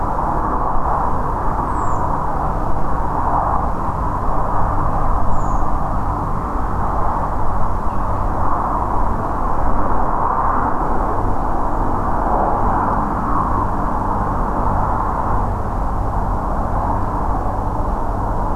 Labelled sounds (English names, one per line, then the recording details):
Redwing
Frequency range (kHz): Redwing 5.9-8.7 kHz
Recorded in France